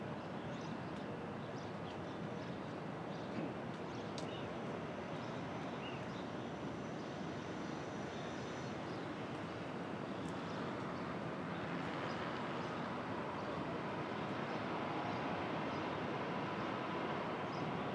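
A Brooklyn dawn: a steady, dense hum of traffic holds at an even level for the whole stretch, with no clear pauses. Faint, thin bird chirps flicker above it now and then, a little more often around the middle.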